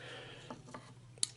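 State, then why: Seated. A CRKT Seismic folding knife's Deadbolt lock, a system of interlocking plates and pins, is worked in the handle. Two soft metallic clicks at about 0.5 and 0.7 seconds and a faint tick at 1.2 seconds come before the sharp, loud metallic snap at 1.2 seconds, when the blade lock clicks into place and is seated. The release then pops up.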